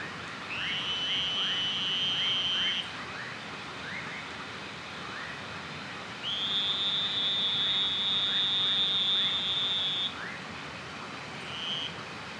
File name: Elachistocleis bicolor